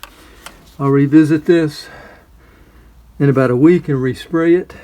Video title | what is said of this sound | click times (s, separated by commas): TERMITE SWARM- BioAdvanced Direct Spray "Kills on Contact" SUBTERRANEAN | in here it should snap in place like that | 0.0 s